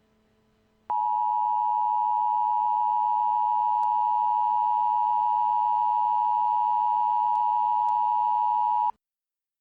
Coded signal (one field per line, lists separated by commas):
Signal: Emergency Alert System (SAME) tones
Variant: 853 and 960 Hz attention tone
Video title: EAS | The Attack IV